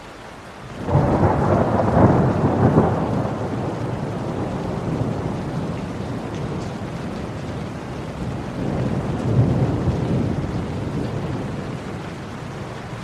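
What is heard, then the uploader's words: Rain falls in a dense, steady hiss throughout. Just before the first second a deep rumble swells in and stays heavy until about three seconds, easing into a lower roar, then a second low surge rises around nine to ten seconds before fading back. Serene Rain Sounds.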